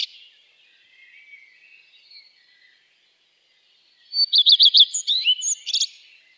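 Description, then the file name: Common redstart: faint background chirping, then one common redstart phrase near the end: several quick repeated high notes running into a scratchy, varied twitter. "Gartenrotschwanz"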